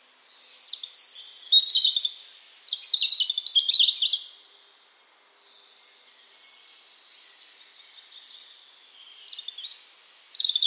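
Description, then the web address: European robin song, high tumbling warbles in a phrase of several seconds, a long faint pause, then another bright phrase begins. "Deverinetal 2025 File origin Bird Only Er Ru"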